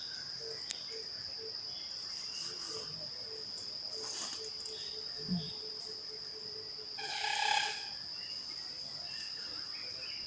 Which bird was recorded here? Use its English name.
African Broadbill